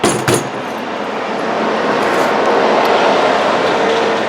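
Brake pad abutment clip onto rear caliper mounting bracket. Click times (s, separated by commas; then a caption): 0.0 s, 0.3 s. A metal brake pad abutment clip on a 2004–2007 Toyota Highlander is pushed onto the rear caliper mounting bracket, then pushed over until it snaps in. Two sharp metallic clicks are heard at 0.0 s and 0.3 s over a steady broadband background noise, and the clip is seated.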